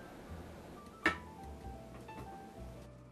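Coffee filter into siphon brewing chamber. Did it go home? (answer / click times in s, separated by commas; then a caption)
yes / 1.1 s. A coffee filter is turned in the brewing chamber of a KitchenAid electric siphon coffee maker. A single sharp click is heard at 1.1 s over a low background of music. The click shows the filter is seated tight.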